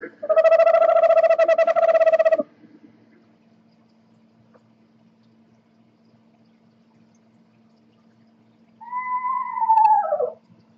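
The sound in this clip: Eastern screech owl giving a steady, rapid trembling trill for over two seconds, then after a pause a descending quavering whinny; a faint low steady hum runs throughout.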